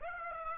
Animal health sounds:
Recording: mosquito wingbeat signal from an infrared sensor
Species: Aedes aegypti

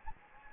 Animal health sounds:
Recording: mosquito wingbeat signal from an infrared sensor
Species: Anopheles gambiae

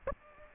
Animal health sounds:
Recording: mosquito wingbeat signal from an infrared sensor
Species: Aedes aegypti

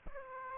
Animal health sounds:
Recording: mosquito wingbeat signal from an infrared sensor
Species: Aedes aegypti

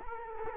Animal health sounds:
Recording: mosquito wingbeat signal from an infrared sensor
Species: Culex quinquefasciatus

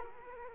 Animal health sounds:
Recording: mosquito wingbeat signal from an infrared sensor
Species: Culex quinquefasciatus

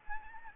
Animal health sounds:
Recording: mosquito wingbeat signal from an infrared sensor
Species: Anopheles gambiae

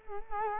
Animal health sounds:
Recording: mosquito wingbeat signal from an infrared sensor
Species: Culex quinquefasciatus

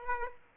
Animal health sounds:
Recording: mosquito wingbeat signal from an infrared sensor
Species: Aedes aegypti

